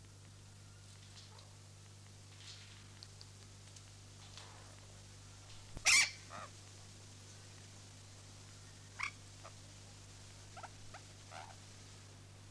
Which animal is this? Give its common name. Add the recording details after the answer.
Burrowing Parrot. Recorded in captivity. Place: Tierpark Berlin, Berlin, DE. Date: 2006-09-14 13:40. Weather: sonnig, 25°C. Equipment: Grundig CR 110, Sennheiser ME 80, Kopie Uher 4000 Report Monitor. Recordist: Tembrock, Günter